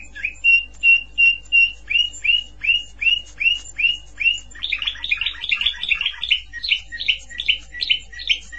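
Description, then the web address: Canary song opening with evenly spaced whistled notes, about two a second, then breaking into faster, jumbled chirping trills; low steady hum behind. "honarfardi Canary Sound"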